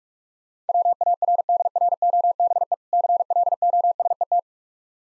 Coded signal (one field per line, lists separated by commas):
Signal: Morse code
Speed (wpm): 45 wpm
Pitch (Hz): 700 Hz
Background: none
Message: WARDROBE CLOSET